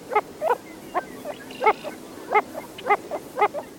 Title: Wilson’s Phalarope